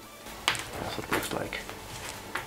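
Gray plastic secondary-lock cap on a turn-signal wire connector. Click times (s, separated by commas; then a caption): 0.5 s. A flat screwdriver wedged between a gray plastic secondary-lock cap and the housing of a Sumitomo TS 025 series turn-signal wire connector, used in Yamaha turn signals, pries the cap off. A sharp hit at 0.5 s is either the cap popping free or the cap being set down, and a smaller tap follows at 2.4 s. Someone talks throughout, and the cap comes off.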